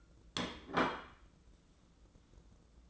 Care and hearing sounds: daily activity, microphone in the room; place plate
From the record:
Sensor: 3

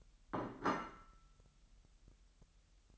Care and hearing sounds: daily activity, microphone in the room; place plate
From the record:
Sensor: 3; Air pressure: 1002.0 hPa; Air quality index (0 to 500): 246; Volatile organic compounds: 51 ppm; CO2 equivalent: 3304 ppm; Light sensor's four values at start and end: 12/37/16/13 and 12/37/16/13

